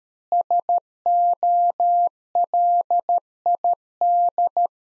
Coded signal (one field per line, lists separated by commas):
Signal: Morse code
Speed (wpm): 13 wpm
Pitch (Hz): 700 Hz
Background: none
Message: SOLID